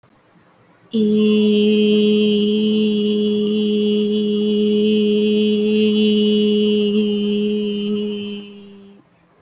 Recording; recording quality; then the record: sustained vowel as in beet; moderate, slight background noise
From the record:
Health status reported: healthy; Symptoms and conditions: none ticked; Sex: female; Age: 22 years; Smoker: not ticked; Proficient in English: yes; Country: India